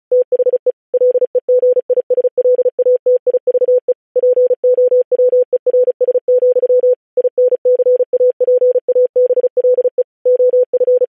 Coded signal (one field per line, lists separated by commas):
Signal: Morse code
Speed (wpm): 36 wpm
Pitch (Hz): 500 Hz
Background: none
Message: THE LEGISLATIVE POWERS, INCAPABLE OF